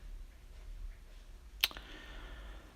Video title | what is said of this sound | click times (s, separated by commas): 2005 Ram 1500 Dee Zee Tailgate Assist Install | sure that's secure it just pops right in the bottom and same thing pop that in and that's | 1.6 s